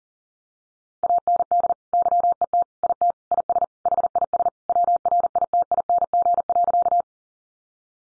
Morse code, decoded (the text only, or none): AND YET IT IS HIS WRITING.